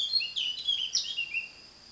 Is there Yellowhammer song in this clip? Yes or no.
no